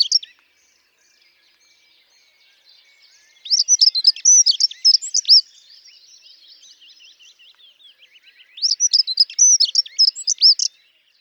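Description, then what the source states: Dunnock song: two quick, high, jingling warbled phrases, each about two seconds long and roughly five seconds apart, with quiet faint twittering between them. Often winters here; sings often in spring; shy and constantly moving; also called « traîne-buisson » locally.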